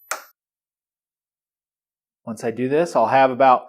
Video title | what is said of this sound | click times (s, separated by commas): Highland Video Training Series - Replacing the Bobbin | and i'll want to push it in until i hear it click | 0.1 s